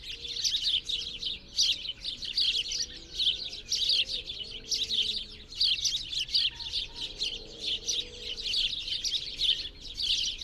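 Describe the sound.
Birds twittering in a busy, high-pitched chorus of quick chirps, with faint low sliding tones underneath at times.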